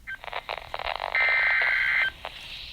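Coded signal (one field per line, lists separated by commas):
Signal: Emergency Alert System (SAME) tones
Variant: header bursts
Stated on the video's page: Live-captured EAS tones for a Severe Thunderstorm Warning, recorded as audio only.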